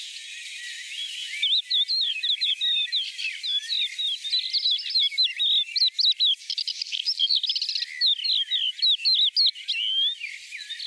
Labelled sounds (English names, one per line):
Crested Lark song